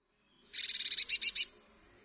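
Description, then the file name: Eurasian blue tit giving a short burst of harsh, buzzy churring notes, ending with three louder scolding chirps. "MODRASZKA"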